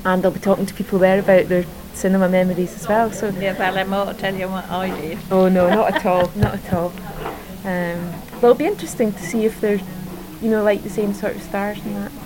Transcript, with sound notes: And I'll be talking to people there about their cinema memories as well.
They'll have more to tell you than what I did. [laughs]
Oh no. Not at all. Not at all. It'll be interesting to see if they, you know, like the same sort of stars and that.